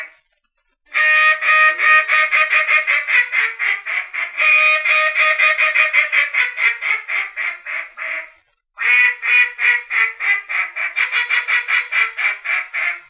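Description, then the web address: Mallard giving a long stream of quick, raspy quacks for about seven seconds, a brief silence, then another fast run of quacks. "Duck -Mallard"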